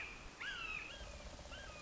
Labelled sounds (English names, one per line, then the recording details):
Red-shouldered Hawk
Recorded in Sonoma County, California